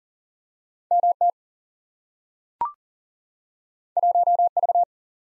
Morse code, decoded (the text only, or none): MT 1V